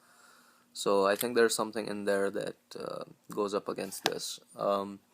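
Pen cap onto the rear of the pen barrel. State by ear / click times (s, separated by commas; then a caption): not seated / none. A Pelikan P381 New Classic fountain pen's cap is handled against the rear of the barrel for posting, where a feature inside the cap catches on a small ridge. Someone talks throughout, with a few faint handling sounds between words. Nothing has seated or clicked yet.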